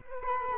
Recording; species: mosquito wingbeat signal from an infrared sensor; Culex quinquefasciatus